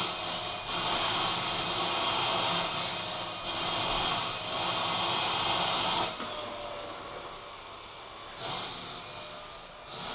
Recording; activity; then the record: daily activity, microphone in the room; vacuum cleaning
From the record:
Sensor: 5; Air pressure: 1010.3 hPa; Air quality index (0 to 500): 120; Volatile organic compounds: 2 ppm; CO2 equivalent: 1180 ppm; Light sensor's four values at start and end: 492/1250/519/577 and 493/1254/520/579